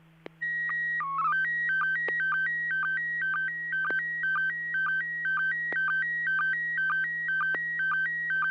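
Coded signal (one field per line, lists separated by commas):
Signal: SSTV (slow-scan television)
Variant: PD 120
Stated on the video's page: SSTV images sent on a weekly net over a 145.250 MHz FM repeater.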